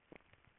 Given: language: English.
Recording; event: throat vibration sensor signal played as sound; swallow